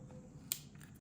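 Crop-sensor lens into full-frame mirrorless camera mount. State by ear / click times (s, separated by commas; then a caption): seated / 0.5 s. An RF-S crop-sensor Canon lens is twisted onto the mount of a full-frame mirrorless Canon body. The lens lock catches with a sharp click at 0.5 s, followed by a couple of faint ticks near 0.8 s. The lens seats and is compatible.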